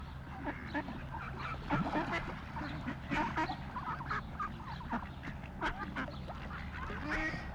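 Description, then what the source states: Pacific black duck quacking, a busy run of harsh, repeated quacks and short nasal notes throughout, with several calls overlapping and a low background rumble. Called grey duck, Māori name parera; New Zealand.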